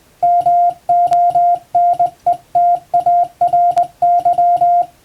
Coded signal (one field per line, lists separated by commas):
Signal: Morse code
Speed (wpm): 20 wpm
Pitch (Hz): 700 Hz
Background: music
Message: MONETARY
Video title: 縦振り電鍵で打った綺麗な欧文モールス符号！電鍵で打てるとモールスも楽しいですよ！平文の欧文モールス符号練習です！YouTubeの再生速度を調整して聴いてみよう(morse code practice)